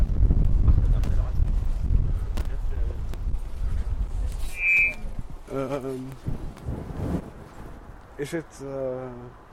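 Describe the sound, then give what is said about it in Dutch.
Heavy, low rumbling wind at the No Border Camp buffets the microphone for the first few seconds, then eases as voices speak briefly over a lighter background. “Daar zal dan wat minder wind zijn.”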